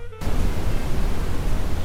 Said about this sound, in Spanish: Pues estos seres se comunicaban con una especie de chillido, como el sonido hecho por una radio que está más sintonizada, el característico ruido blanco.